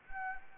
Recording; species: mosquito wingbeat signal from an infrared sensor; Anopheles gambiae